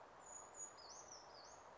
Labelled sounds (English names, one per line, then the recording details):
Western Flycatcher
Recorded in Sonoma County, California